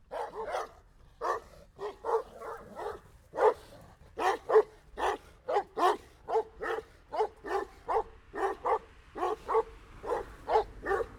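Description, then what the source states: Dog barking steadily, sharp barks repeated more than once a second, sometimes in quick pairs, with a faint low hum behind. Dogs barking amid street noise.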